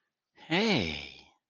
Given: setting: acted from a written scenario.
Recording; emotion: vocal sound without words; romantic love